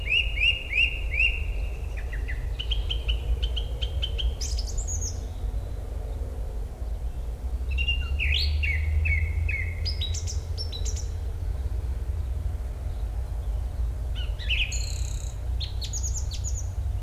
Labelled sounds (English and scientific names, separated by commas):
Song Thrush (Turdus philomelos) song